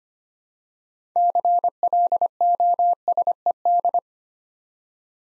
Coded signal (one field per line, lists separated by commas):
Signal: Morse code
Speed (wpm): 25 wpm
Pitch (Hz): 700 Hz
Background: none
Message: CLOSED